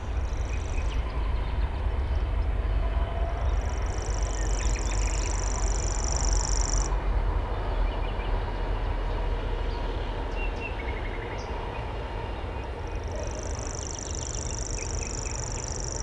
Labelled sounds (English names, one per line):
Common Grasshopper Warbler song